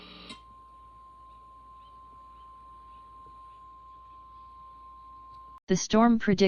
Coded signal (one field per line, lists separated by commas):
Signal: Emergency Alert System (SAME) tones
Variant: 1050 Hz attention tone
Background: speech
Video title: fictional eas tornado watch